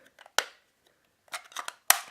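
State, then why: Not seated. A clear plastic lid is fitted back onto the body of an UrBen electric pencil sharpener, giving two loud contact knocks at about 0.4 s and 1.9 s with softer clattering rattles between them. The lid is not fully secured and has not snapped into place.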